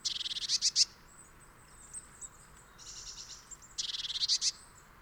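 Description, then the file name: Eurasian blue tit uttering sharp, buzzy churring rattles, a loud burst at the start, a quieter one midway, then another strong run near the end. "Cyanistes caeruleus"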